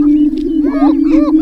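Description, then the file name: Greater prairie chicken booming, a steady low hooting drone held throughout, overlaid by brief whoops and cackles. 6 May 2005; booming display. "2005-05-06 Greater Prairie Chicken Booming"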